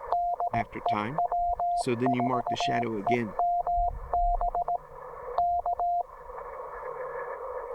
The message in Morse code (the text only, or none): DE W4EMB K